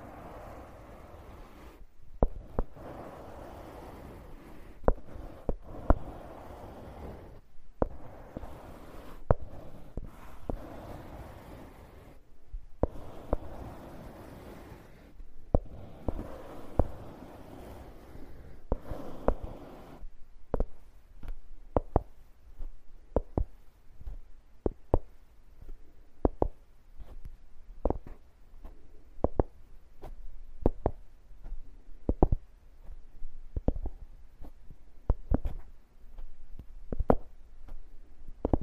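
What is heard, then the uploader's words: Wood scraping in rough, dense strokes for the first twenty seconds, each pass a gritty rasp separated by brief pauses and sharp knocks. After that the scraping stops, leaving scattered dry clicks and taps, roughly one or two per second, over near silence. This episode is Wood Scraping.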